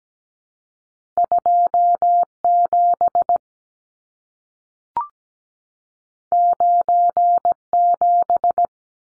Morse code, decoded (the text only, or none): 27 97